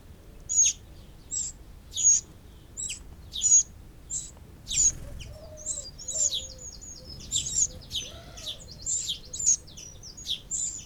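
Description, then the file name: Eurasian wren giving a steady series of sharp, high call notes, growing busier in the second half, with soft low hoots faintly audible. "Troglodytes troglodytes"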